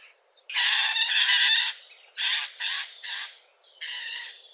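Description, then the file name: Eurasian jay giving a long harsh rasping screech, followed by three shorter hoarse screeches and a final rougher rasp, no other sounds clear. "Garrulus glandarius"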